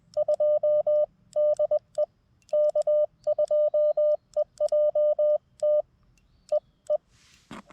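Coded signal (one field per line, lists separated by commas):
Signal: Morse code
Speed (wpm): 20 wpm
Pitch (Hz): 600 Hz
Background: none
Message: 2 DE K2EJT EE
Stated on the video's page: CW heard through KX2 and TX-500 radios during an activation, comparing audio clarity, background noise and filtering, with a linked dipole.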